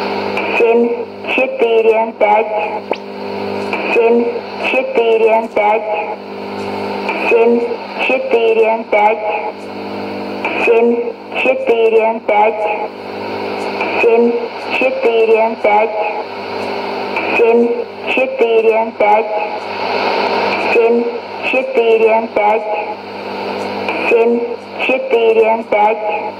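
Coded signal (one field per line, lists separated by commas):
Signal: numbers station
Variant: S06s, Russian female voice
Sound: female voice reading short words at a steady rhythm over shortwave noise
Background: radio static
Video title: 07 12 2016 Numbers station S06s Russian Lady in Russian to Eu 0840 on 11830 unknown tx site in CUSB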